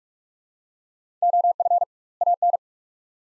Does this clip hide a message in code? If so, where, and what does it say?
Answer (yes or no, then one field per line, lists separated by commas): yes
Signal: Morse code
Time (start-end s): 1.2-2.6 s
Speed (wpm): 47 wpm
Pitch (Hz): 700 Hz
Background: none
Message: OF AN